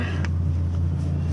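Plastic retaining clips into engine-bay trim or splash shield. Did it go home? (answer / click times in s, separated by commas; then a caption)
no / none. Plastic retaining clips are being handled for pushing back into the engine-bay trim or splash shield of a PT Cruiser during a serpentine belt change, after the self-tapping screws have been snugged down. A steady low rumble fills the clip, with a faint brief tick near 0.2 s. Nothing has seated or clicked yet.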